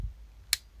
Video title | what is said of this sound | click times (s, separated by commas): My Friends Put Together a Mystery Long Box of Comics for Me! | I love it a little magnetic snap | 0.5 s